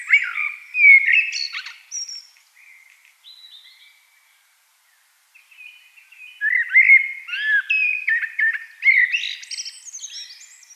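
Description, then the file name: Eurasian blackbird song with two phrases separated by a few seconds of quiet, each mellow whistles followed by high squeaky twitters. "Turdus merula"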